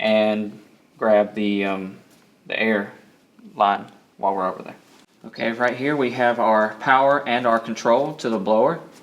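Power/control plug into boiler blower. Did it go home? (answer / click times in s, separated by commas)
no / none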